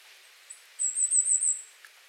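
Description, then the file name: Goldcrest giving a very high, thin run of quick notes that lasts about a second, with a few faint short notes before and after it. Recorded 30 January 2019. "kikuitadaki kosado"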